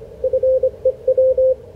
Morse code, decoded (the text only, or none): FEW